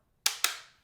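The small release button on the focal plane shutter tension knob of an RB Graflex Series B 2x3 (6x9) camera is pushed to the side, letting the tension ratchet snap back one step from one click past setting four to setting four. A sharp metallic snap is heard at 0.3 s as it releases, followed by a second similar snap at 0.4 s, each ringing out briefly.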